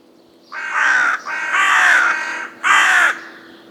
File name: Corvus corone